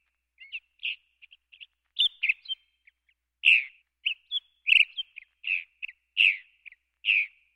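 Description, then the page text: California thrasher giving varied phrases: short chirps, harsh notes and clipped whistles in irregular series. "California Thrasher. Quick Sounds"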